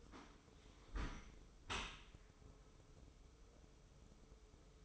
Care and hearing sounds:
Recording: daily activity, microphone in the room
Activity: close dishwasher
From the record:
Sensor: 1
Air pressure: 995.8 hPa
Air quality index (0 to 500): 59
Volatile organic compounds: 2 ppm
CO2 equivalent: 1152 ppm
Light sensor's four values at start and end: 32/110/42/45 and 32/111/43/45

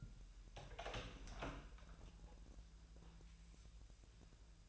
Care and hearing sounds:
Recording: daily activity, microphone in the room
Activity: open door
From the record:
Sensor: 2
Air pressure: 1001.4 hPa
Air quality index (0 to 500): 243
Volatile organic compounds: 78 ppm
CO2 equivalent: 3590 ppm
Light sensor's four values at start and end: 10/23/10/10 and 10/24/10/10

